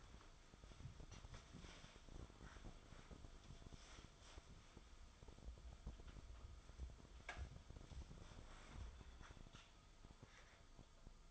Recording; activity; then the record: daily activity, microphone in the room; wipe stove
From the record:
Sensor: 5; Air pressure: 1004.9 hPa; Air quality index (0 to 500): 103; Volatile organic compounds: 2 ppm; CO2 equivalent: 1257 ppm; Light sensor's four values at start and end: 32/72/30/31 and 33/74/31/31